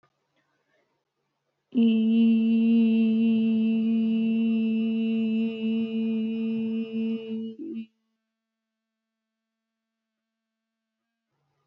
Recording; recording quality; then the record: sustained vowel as in beet; excellent, no background noise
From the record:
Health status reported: respiratory illness, not identified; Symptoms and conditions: none ticked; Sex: female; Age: 22 years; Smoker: not ticked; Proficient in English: yes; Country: India